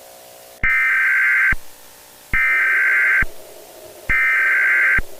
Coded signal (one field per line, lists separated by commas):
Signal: Emergency Alert System (SAME) tones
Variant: header bursts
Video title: EAS Scenario - Skinwalker REMASTERED - Part 2